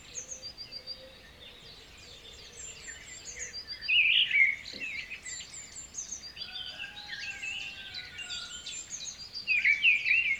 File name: birds singing in the morning nature sound